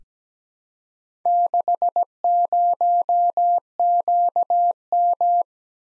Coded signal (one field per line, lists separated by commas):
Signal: Morse code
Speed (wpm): 17 wpm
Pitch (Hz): 700 Hz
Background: none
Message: 60QM